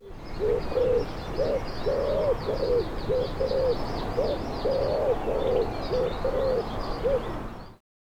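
Common Wood Pigeon cooing: soft, low, hollow notes repeated in a steady series, over a hissy background with faint high chirps from other birds.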